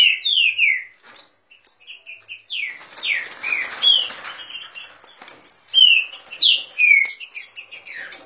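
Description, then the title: Green-winged saltator singing a long sequence of descending whistled slurs and short high notes, with clicks and rustling underneath. Warming up its song; song style referred to as voice 09. "Canto De Trinca Ferro Voz 09. Trinca Ferro esquentando!"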